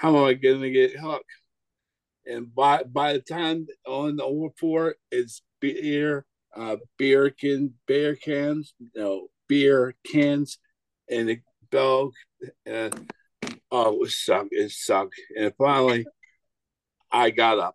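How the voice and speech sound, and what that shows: An adult man with aphasia after a stroke tells a story in short bursts broken by frequent pauses. He restarts words, swaps sounds, makes repeated attempts at "beer cans" and produces garbled phrases. These word-finding errors and sound substitutions are typical of aphasia.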